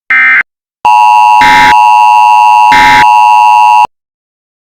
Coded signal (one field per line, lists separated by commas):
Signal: Emergency Alert System (SAME) tones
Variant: 853 and 960 Hz attention tone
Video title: Fake EAS alarm (use this as a prank)